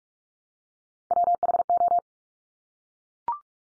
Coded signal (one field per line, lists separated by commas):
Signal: Morse code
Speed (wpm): 44 wpm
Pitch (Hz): 700 Hz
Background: none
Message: WHO